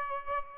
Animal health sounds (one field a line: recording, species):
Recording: mosquito wingbeat signal from an infrared sensor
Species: Aedes albopictus